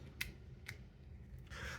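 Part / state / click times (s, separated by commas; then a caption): batteries into a compact camera's battery compartment / seated / 0.2 s, 0.7 s. AA batteries are loaded into the battery compartment of a Fujifilm FinePix JX300 compact camera, held by a small orange retaining catch. Two sharp clicks come at 0.2 s and 0.7 s; the second may be the compartment door shutting, followed by a rise in broadband hiss near the end. The batteries click in and are seated under the catch.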